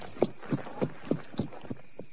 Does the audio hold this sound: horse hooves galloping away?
yes